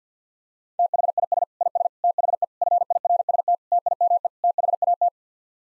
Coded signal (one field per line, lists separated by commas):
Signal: Morse code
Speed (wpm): 50 wpm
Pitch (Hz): 700 Hz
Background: none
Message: THIS IS THE FIRST TIME THAT